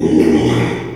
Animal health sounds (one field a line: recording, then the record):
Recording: squeal of a Yucatan mini pig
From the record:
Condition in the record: after surgery on the right vocal fold (resection and tissue-engineered implant)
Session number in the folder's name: 1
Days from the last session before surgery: 6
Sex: male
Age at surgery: 12 weeks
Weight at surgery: 13 kg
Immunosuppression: cyclosporine, prednisolone